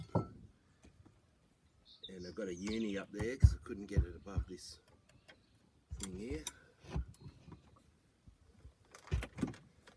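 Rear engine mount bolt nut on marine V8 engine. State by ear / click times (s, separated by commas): stripped / 7.1 s, 7.8 s, 8.9 s, 9.2 s, 9.5 s, 9.9 s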